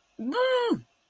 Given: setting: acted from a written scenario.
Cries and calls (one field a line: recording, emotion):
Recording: vocal sound without words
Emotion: triumph